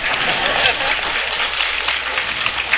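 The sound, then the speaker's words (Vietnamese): An audience claps steadily, a dense, even wash of many hands with no pause, holding at a fairly loud level for a few seconds with no voices on top. “Thì cái vi vỗ tay hả?”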